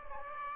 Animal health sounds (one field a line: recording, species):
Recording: mosquito wingbeat signal from an infrared sensor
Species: Aedes aegypti